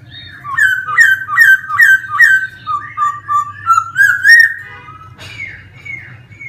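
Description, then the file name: Laughingthrush rapidly repeating a bright rising-and-falling whistle, then a few looser notes and a harsh burst, above a constant low hum. Laughingthrush singing in a forest voice (giọng rừng). "Tieng khuou hot giong rung"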